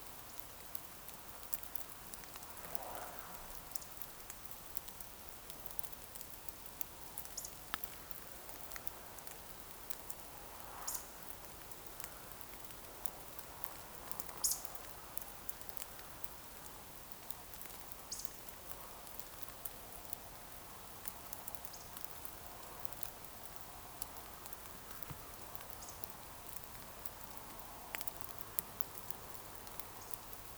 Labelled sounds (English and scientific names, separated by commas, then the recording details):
Eurasian Woodcock (Scolopax rusticola) whistle
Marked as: woodcock, whistle, woodcock, whistle, woodcock, whistle, woodcock, whistle, woodcock, whistle, woodcock, whistle, woodcock, whistle, woodcock, whistle, woodcock, whistle
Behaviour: display flight
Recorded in Baden-Württemberg, Germany, on 28 June 2020 at 02:30 UTC
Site 43791, 788 m above sea level